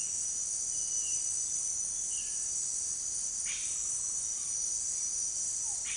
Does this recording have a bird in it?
yes